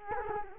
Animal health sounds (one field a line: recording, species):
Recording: mosquito wingbeat signal from an infrared sensor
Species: Culex quinquefasciatus